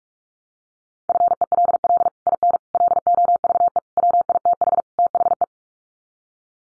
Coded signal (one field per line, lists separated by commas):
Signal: Morse code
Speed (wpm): 44 wpm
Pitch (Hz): 700 Hz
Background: none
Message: FELL IN LOVE WITH THE